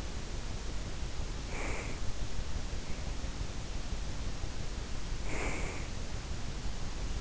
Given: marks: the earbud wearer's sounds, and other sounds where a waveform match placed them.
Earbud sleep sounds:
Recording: sounds in sleep by an in-ear microphone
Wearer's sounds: breath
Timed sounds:
1.26-2.17 s: breath
5.19-6.07 s: breath

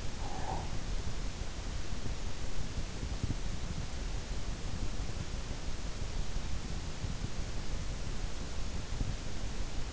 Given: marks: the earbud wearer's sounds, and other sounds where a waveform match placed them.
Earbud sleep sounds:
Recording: sounds in sleep by an in-ear microphone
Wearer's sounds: breath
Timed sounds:
0.00-1.09 s: breath

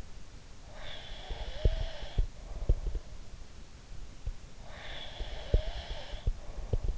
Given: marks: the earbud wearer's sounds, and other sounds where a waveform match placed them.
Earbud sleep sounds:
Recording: sounds in sleep by an in-ear microphone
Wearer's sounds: breath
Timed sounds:
0.66-2.86 s: breath
1.26-3.00 s: sound from someone else or the room
4.60-6.98 s: breath
5.14-6.98 s: sound from someone else or the room

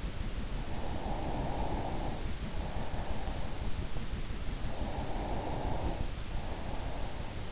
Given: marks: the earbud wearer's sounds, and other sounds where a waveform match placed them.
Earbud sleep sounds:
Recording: sounds in sleep by an in-ear microphone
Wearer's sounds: breath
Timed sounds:
0.56-3.88 s: breath
4.50-7.52 s: breath

